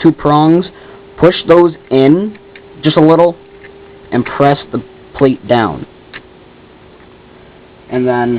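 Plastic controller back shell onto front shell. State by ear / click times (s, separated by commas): not seated / none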